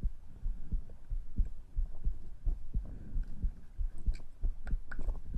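Heartbeat and breathing of an adult, heard through a close microphone in an ASMR recording.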